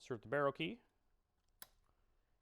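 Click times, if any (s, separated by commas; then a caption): 1.6 s. Someone talks briefly, then a barrel key turned in the barrel lock of the top arm of an XD Guardian Universal phone display holder, mounted on an aluminum track fixture, makes a single sharp click at 1.6 s. The barrel lock unlocks and releases the upper arm.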